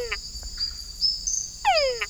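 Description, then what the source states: Túngara frog call: a loud whine sweeping down in pitch, with rich harmonics, near the end, the tail of another at the start, and steady high insect-like tones throughout. Tropical fringe-lipped bats hunt by listening for these calls; human noise such as highways can drown them out.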